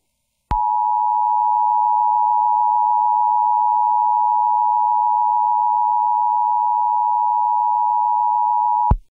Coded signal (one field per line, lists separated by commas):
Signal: Emergency Alert System (SAME) tones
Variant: 853 and 960 Hz attention tone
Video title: EAS MOCK: Child Abduction Emergency/Amber Alert for Mint Hill, NC.